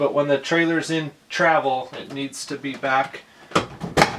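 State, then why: Seated. A TV on a pull-out mount is pushed back against the wall of a toy hauler trailer into its travel position while someone talks. Sharp clicks at 3.6 s and 4.0 s mark the mount locking securely into place.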